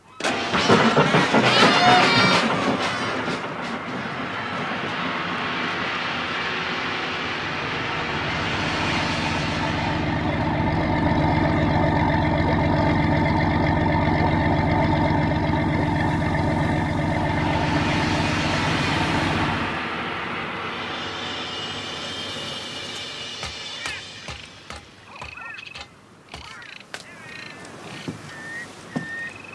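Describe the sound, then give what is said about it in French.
The engine of a large harbour motor launch, readied to carry 20 armed men, coughs into life, then settles into a steady, throbbing drone with a buzzing harmonic hum before cutting off, leaving scattered clanks and knocks. “Préparez la grande chaloupe à moteur.”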